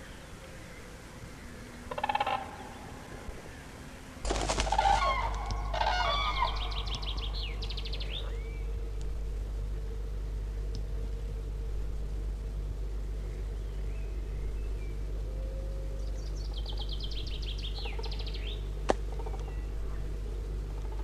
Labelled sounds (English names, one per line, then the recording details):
Common Crane call
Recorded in the wild
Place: Sandschenke, Niederlausitz, Sachsen, DE
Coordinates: 51.3333, 14.8
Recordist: Meyer, Hugo